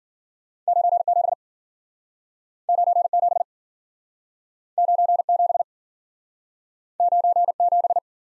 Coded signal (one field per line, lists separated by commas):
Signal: Morse code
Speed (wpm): 50 wpm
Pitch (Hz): 700 Hz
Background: none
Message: 97 97 97 97